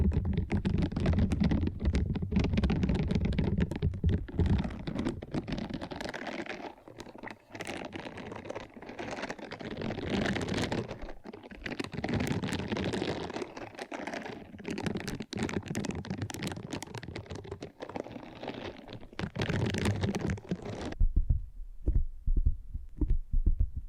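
Ear scratching and brushing, with no talking. Dense, rapid scratching and rustling fills most of the clip, swelling and easing in rough bursts every second or two, with a low rumble under it. Near the end the sound thins to sparse, crisp taps and clicks.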